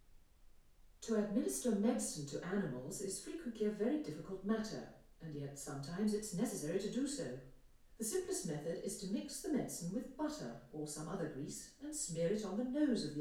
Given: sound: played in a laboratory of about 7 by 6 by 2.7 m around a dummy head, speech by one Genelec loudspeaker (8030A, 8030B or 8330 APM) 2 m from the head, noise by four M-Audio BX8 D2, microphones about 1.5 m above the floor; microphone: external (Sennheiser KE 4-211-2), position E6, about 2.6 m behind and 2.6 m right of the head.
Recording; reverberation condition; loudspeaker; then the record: female speech in English; medium; 30 degrees to the right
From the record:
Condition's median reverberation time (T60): about 510 ms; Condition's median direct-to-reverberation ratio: about -0.5 dB